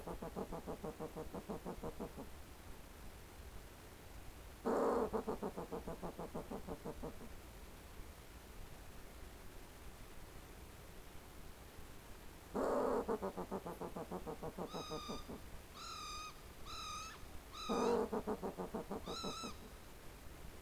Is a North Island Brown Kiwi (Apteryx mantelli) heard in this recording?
no